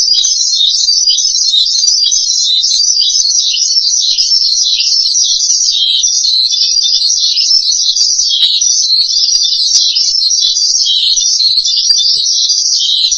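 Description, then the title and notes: Starling song, steady rapid high chirping and chattering that continues unbroken throughout. "suara burung jalak"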